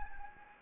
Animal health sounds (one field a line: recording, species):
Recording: mosquito wingbeat signal from an infrared sensor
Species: Anopheles gambiae